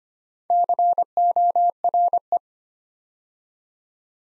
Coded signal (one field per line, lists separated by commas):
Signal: Morse code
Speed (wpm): 25 wpm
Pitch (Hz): 700 Hz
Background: none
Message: CORE